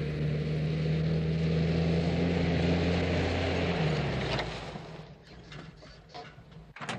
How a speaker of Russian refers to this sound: Скорая помощь едет по дороге и останавливается возле больницы.